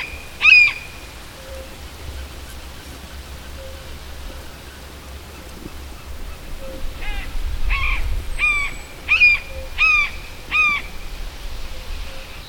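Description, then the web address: Bird calls: one loud caw-like note, then a run of six harsh, harmonic calls a little under a second apart; steady low background hum. "madarak"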